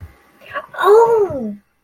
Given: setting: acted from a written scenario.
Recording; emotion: vocal sound without words; ecstasy